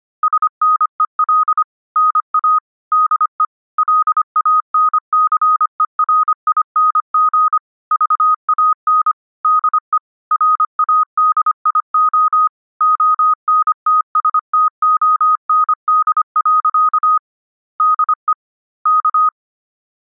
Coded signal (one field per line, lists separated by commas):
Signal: Morse code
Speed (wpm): 25 wpm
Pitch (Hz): 1250 Hz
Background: none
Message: SNEL NA DE LANCERING VAN DE RADIO ONTSTOND. DE K